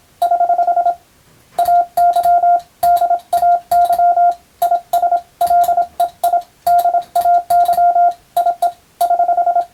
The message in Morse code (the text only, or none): <HH> AY DAY IS LEI DAY IE <HH>